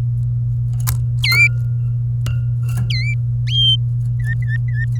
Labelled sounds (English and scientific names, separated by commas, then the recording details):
Domestic Canary (Serinus canaria) song
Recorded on 24 April 2018 at 09:36
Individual llb3